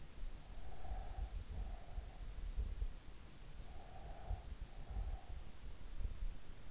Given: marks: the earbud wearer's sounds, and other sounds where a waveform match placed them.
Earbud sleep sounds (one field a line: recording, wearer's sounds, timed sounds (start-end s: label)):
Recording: sounds in sleep by an in-ear microphone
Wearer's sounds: breath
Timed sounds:
0.72-1.99 s: breath
3.43-5.11 s: breath